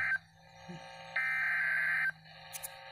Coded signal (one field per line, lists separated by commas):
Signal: Emergency Alert System (SAME) tones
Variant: header bursts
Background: speech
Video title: EAS Alert #054. Severe Thunderstorm Warning.